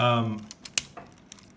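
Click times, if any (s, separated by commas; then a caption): 0.8 s. Someone talks briefly as the plastic waist swivel of a Transformers War for Cybertron Siege Mirage transforming action figure is rotated. The very tight joint gives a sharp, bright snap at 0.8 s as it tabs into its detent position, with fainter clicks around it. The waist joint locks into place.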